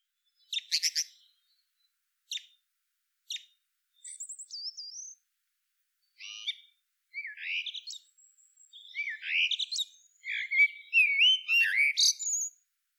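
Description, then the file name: Common blackbird: a few short clicky notes spaced apart, then a high thin whistle, building into a steady run of warbled fluty phrases. "Turdus merula"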